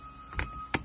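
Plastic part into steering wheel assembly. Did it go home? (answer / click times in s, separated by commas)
yes / 0.4 s, 0.7 s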